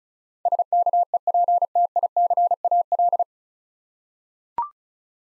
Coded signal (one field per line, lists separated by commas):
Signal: Morse code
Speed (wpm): 34 wpm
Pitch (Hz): 700 Hz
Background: none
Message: SKEPTICAL